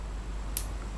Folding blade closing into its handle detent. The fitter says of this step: It closes nicely. There's a positive click there to the detent, as you can probably see, and maybe here hopefully.